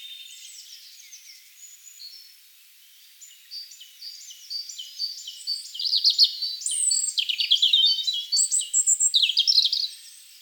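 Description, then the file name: European robin song of varied high, sweet twittering notes, quiet at first and growing louder, with rapid trills and sharp high whistles toward the end. "Erithacus rubecula"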